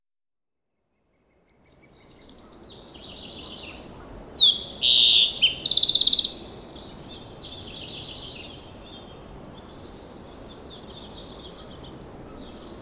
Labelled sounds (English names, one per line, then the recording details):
Green-tailed Towhee song
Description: Green-tailed Towhee song recorded at the Alluvial Fan in Rocky Mountain National Park
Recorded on 19 May 2016